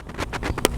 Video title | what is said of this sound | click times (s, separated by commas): How to Install a Automatic Drip Irrigation System in a Raised Bed Garden | Once again, make sure you hear that snap. | 0.7 s